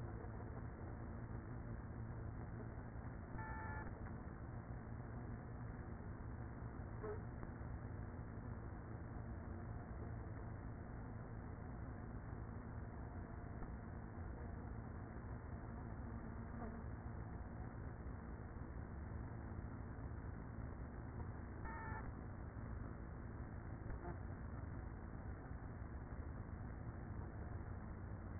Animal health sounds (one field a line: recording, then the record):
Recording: honeybee colony, microphone inside the hive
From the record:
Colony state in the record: queenless with a low population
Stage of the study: after two queens were removed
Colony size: about 30,000 bees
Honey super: no